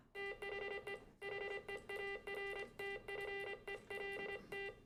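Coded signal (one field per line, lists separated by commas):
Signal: Morse code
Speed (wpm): 26 wpm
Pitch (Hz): 2000 Hz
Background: music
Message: THE HEARTFELT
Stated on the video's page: Morse code in a re-creation of the first wireless transmission over land, a contact between two amateur radio club stations.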